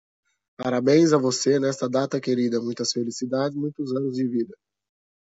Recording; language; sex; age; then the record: short text; Brazilian Portuguese; male; 30 to 39 years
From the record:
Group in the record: control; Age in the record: 36 years